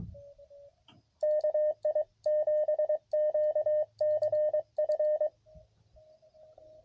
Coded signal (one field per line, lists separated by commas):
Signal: Morse code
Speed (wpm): 23 wpm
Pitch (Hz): 590 Hz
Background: radio noise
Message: KI 7 Q C F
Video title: CW POTA Activation On The Mountain Topper